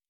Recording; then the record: hydrophone in a shrimp aquaculture tank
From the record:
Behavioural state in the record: normal